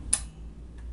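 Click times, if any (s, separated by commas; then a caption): 0.1 s. A CPU cooler's push pin is pressed down in an X pattern into a motherboard hole. It gives a sharp plastic snap at 0.1 s, followed by a faint tick near 0.8 s. The pin is confirmed clicked in and seated.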